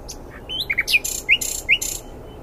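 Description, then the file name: Nightingale song fragment: short whistled rising notes alternating with harsh bursts, uneven rhythm, over steady low background hiss. "Luscinia megarhynchos"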